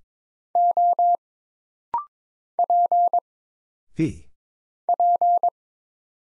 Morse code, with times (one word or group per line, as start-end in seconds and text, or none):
0.6-1.2 O
2.6-3.2 P
4.9-5.5 P